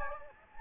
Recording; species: mosquito wingbeat signal from an infrared sensor; Anopheles gambiae